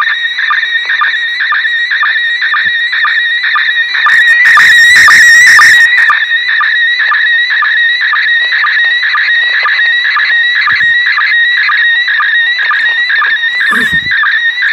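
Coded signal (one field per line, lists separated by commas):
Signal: SSTV (slow-scan television)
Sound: warbling whistly tone sweeping steadily, with short low blips about twice a second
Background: radio static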